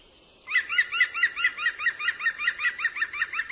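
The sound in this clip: Bird uttering a quick even series of rasping, stacked notes, starting after a brief quiet moment.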